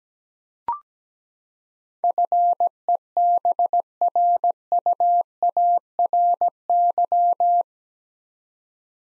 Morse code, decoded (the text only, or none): FEBRUARY